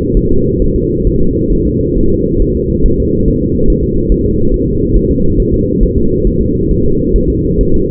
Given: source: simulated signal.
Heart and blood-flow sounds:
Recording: fetal heart sounds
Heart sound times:
0.17 s: S1
0.31 s: S2
0.62 s: S1
0.76 s: S2
1.07 s: S1
1.21 s: S2
1.53 s: S1
1.67 s: S2
1.98 s: S1
2.12 s: S2
2.42 s: S1
2.56 s: S2
2.86 s: S1
3.00 s: S2
3.28 s: S1
3.43 s: S2
3.70 s: S1
3.84 s: S2
4.12 s: S1
4.26 s: S2
4.54 s: S1
4.68 s: S2
4.96 s: S1
5.11 s: S2
5.40 s: S1
5.54 s: S2
5.83 s: S1
5.98 s: S2
6.27 s: S1
6.41 s: S2
6.71 s: S1
6.85 s: S2
7.16 s: S1
7.30 s: S2
7.61 s: S1
7.75 s: S2
From the record:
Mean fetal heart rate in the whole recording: 135 bpm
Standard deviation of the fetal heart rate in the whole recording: 3 bpm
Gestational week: 36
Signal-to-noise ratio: -16.4 dB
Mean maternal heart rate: 72 bpm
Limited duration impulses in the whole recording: present

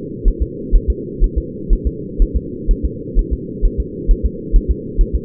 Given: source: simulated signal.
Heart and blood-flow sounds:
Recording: fetal heart sounds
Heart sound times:
0.28 s: S1
0.42 s: S2
0.76 s: S1
0.90 s: S2
1.24 s: S1
1.38 s: S2
1.73 s: S1
1.87 s: S2
2.22 s: S1
2.36 s: S2
2.71 s: S1
2.85 s: S2
3.19 s: S1
3.33 s: S2
3.66 s: S1
3.80 s: S2
4.11 s: S1
4.25 s: S2
4.56 s: S1
4.71 s: S2
5.01 s: S1
5.15 s: S2
From the record:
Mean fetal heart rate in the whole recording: 130 bpm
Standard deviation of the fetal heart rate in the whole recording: 4 bpm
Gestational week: 38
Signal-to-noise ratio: -4.1 dB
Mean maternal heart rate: no maternal heart sound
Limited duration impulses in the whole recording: absent

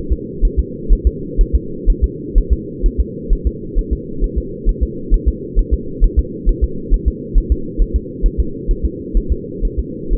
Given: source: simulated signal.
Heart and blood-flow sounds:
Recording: fetal heart sounds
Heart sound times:
0.12 s: S2
0.45 s: S1
0.59 s: S2
0.93 s: S1
1.07 s: S2
1.41 s: S1
1.55 s: S2
1.90 s: S1
2.04 s: S2
2.38 s: S1
2.53 s: S2
2.86 s: S1
3.00 s: S2
3.33 s: S1
3.47 s: S2
3.79 s: S1
3.93 s: S2
4.24 s: S1
4.38 s: S2
4.69 s: S1
4.83 s: S2
5.14 s: S1
5.28 s: S2
5.59 s: S1
5.73 s: S2
6.04 s: S1
6.19 s: S2
6.49 s: S1
6.64 s: S2
6.94 s: S1
7.08 s: S2
7.38 s: S1
7.52 s: S2
7.81 s: S1
7.96 s: S2
8.26 s: S1
8.40 s: S2
8.71 s: S1
8.85 s: S2
9.17 s: S1
9.32 s: S2
9.65 s: S1
9.79 s: S2
10.13 s: S1
From the record:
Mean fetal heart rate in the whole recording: 130 bpm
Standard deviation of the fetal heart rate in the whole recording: 4 bpm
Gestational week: 38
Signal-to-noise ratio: -4.3 dB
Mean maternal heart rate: 72 bpm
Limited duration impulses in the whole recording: absent

